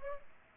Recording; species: mosquito wingbeat signal from an infrared sensor; Culex pipiens